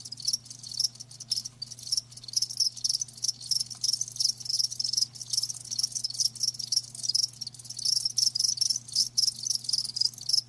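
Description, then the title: Crickets chirping in a dense, steady chorus of high, rapid pulses, with a constant low hum underneath. Crickets chirping, meant as a sleep sound. "Live Crickets Chirping"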